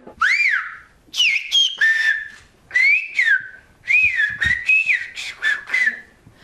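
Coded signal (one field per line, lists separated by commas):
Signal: whistled language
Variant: Aas whistled Occitan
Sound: several short gliding whistled phrases rising and falling, like whistled speech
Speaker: les élèves de la classe français-occitan n'apprennent pas seulement la langue de leurs ancêtres, mais aussi le sifflement en langue occitane.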